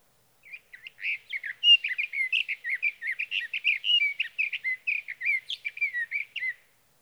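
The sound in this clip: Sage thrasher song, a long unbroken run of quick warbled and burry notes, rising and falling without pause for about six seconds.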